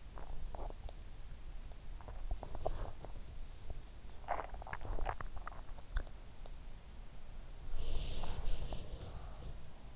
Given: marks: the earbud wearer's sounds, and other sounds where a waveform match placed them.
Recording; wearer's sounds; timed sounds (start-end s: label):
sounds in sleep by an in-ear microphone; body movement, swallowing, breath
0.00-6.77 s: body movement
4.25-6.54 s: swallowing
7.75-9.57 s: breath